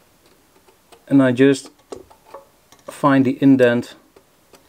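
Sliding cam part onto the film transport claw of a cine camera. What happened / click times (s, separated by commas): The slide is being handled and has not yet snapped home / none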